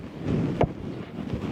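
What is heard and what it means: A new cabin air filter is pushed down into its plastic filter housing in a Cybertruck. A single sharp click at 0.6 s sounds over a steady low rumble of background noise. The filter seats in its housing.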